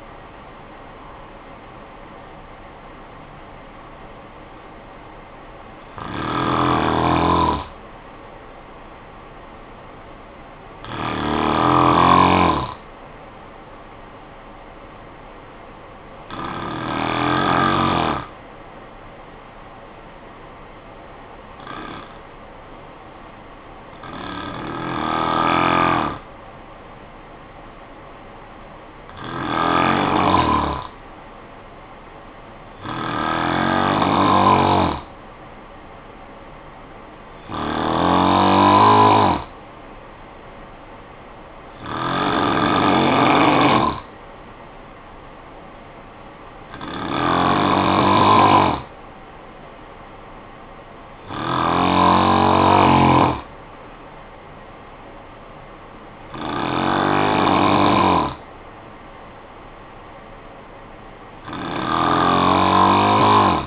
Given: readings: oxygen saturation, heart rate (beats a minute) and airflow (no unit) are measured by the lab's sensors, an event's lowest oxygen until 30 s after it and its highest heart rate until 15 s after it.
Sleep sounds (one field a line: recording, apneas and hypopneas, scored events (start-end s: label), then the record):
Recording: breathing in sleep by a voice recorder at the bedside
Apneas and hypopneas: 1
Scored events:
7.00-63.67 s: new sleep stage, N1 (lightest sleep)
21.00-35.10 s: hypopnea (N1, oxygen 95% highest, then 90% lowest, heart rate 56 at the start, 59 highest)
From the record:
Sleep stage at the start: N2 (light sleep)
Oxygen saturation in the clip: 90 to 95%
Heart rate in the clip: 51 to 70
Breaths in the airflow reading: 14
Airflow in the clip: -11.1 to 10.1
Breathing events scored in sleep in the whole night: 445 in 7.6 hours asleep